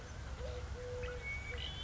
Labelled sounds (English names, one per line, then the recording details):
Eurasian Collared Dove
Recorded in Sonoma County, California